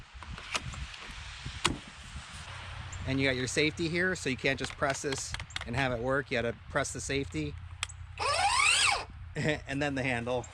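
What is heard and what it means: A cordless tool battery pack is released from the battery slot of a Mellif brushless snowblower shovel: the release button is pressed and the pack is pulled out, coming free with a sharp click at 1.7 s. Someone then talks.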